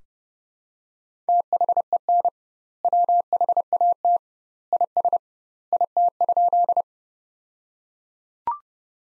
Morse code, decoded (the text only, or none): THEN WHAT IS IT?